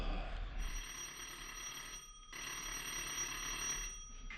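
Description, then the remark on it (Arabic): A doorbell rings in two long, shrill electric bursts, a steady high-pitched buzzing ring separated by a short gap, fairly loud with no talking over it. “مين؟ ايه ايوه اللي بتضرب الجرس.”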